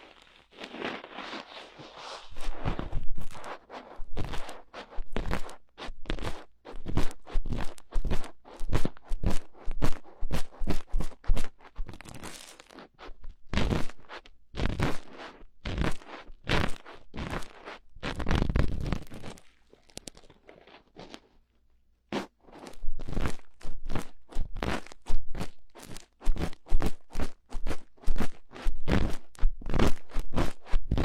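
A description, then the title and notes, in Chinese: Cotton swab cleaning an ear: rapid, dense scratchy crunching strokes, rustling throughout, with brief pauses near 20 and 22 seconds. 棉棒掏耳朵。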